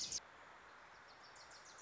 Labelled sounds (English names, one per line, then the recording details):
Wilson's Warbler
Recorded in Sonoma County, California